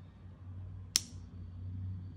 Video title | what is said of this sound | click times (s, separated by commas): Monteverde Ritma (fine) | and click sound | 1.0 s